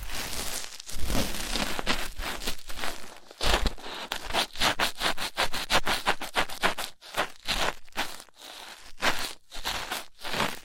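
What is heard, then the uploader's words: Rough ear cleaning produces a dense run of scratchy, crackling rubs that come in quick, uneven bursts throughout. The scraping is bright and hissy, with short pauses near 3.5 seconds and around 7 seconds, and a few low thumps under the first strokes. ASMR Rough Ear Cleaning (No Talking).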